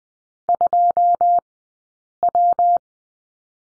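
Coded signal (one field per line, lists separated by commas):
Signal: Morse code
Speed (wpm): 20 wpm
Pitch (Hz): 700 Hz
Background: none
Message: 2W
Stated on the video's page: Morse code lesson drill on the number 6, two characters, sent with Farnsworth spacing at 20/10 wpm.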